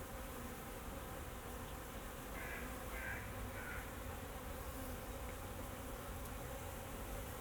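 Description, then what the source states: Bees buzzing in a steady low drone, with a few harsh crow-like caws in the middle and constant background rumble. Bees flying around the recordist in Jacques Brelpark, Kersbeeklaan, Vorst, Belgium; train in the background; recorded binaurally with a Sennheiser Ambeo binaural headset.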